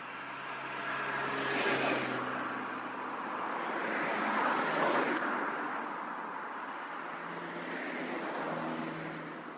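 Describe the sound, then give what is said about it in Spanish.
Cars pass one after another on a road, each a broad whooshing roar that swells and fades, with three rising passes over a steady tire-and-engine hum and no voices. “La carretera.”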